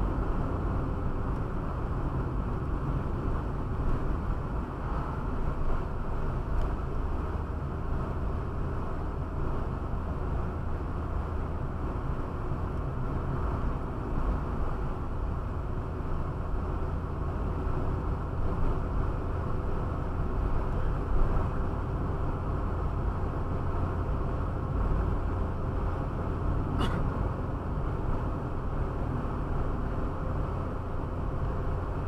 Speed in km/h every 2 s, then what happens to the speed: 50, 47, 48, 47, 49, 46, 48, 49, 49, 50, 51, 52, 52, 51, 50, 49.
0-32 steady at about 49.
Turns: none.